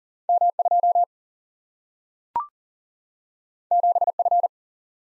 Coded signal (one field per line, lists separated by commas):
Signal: Morse code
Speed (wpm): 40 wpm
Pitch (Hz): 700 Hz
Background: none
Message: M 2 7 F